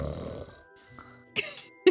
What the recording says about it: I've got a dog snoring in the background here.